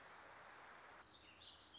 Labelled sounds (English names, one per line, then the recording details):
Warbling Vireo
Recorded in Sonoma County, California